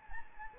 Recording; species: mosquito wingbeat signal from an infrared sensor; Anopheles gambiae